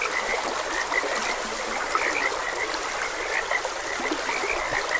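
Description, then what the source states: Frog croaks, a run of short bright notes at an irregular pace, heard against constant gurgling water. Frogs croaking beside a gentle stream.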